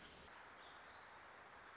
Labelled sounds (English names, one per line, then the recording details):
Warbling Vireo
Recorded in Sonoma County, California